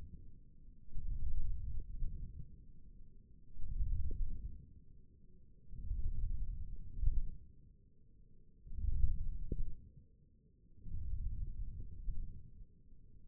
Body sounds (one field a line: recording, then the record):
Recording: forearm muscle sounds (acoustic myography)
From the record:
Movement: wrist flexion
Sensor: system 1, eight BSWA MPA416 microphones around the upper forearm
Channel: 1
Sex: male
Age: 20 years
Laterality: left